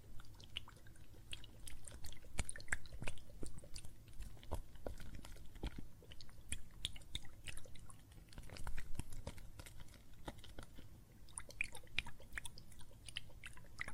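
Soap foam crackles and pops without pause, a dense, irregular stream of tiny sharp clicks and fizzing bursts, some louder snaps standing out every second or so. A soft low murmur runs steadily underneath, with a busier stretch near the middle.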